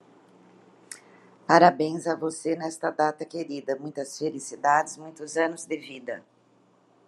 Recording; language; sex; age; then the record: short text; Brazilian Portuguese; female; 50 to 59 years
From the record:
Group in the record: control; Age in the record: 57 years